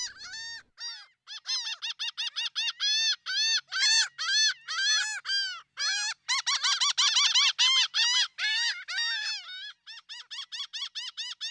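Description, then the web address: Laughing gull giving a long, fast series of nasal, arched 'ha' notes, rising and falling in quick succession with brief pauses, getting quieter and more spaced out towards the end. "Wildlife Identification By Sound, Western North America. Laughing Gull"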